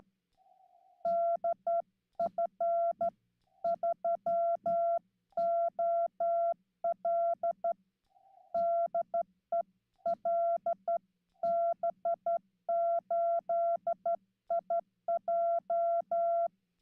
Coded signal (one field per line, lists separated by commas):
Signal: Morse code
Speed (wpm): 15 wpm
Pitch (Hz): 680 Hz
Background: none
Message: DF3OL DE LB8IJ